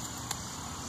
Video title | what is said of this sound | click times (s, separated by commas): "Bushcraft?"Carving Knife Sheath Project | hear the snap | 0.3 s